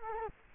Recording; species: mosquito wingbeat signal from an infrared sensor; Culex quinquefasciatus